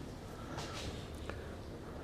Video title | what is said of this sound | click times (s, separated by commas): Cleaning Carburetor on Toro Recycler Push Mower with Briggs & Stratton GTS 163cc Motor | and this white plastic piece, you push in there, it snaps right in there. | 1.3 s